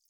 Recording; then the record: hydrophone in a shrimp aquaculture tank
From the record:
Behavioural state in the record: feeding